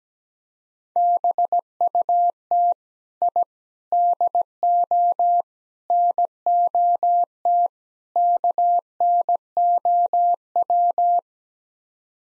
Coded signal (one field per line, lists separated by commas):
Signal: Morse code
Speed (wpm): 17 wpm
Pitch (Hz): 700 Hz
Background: none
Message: BUT I DO NOT KNOW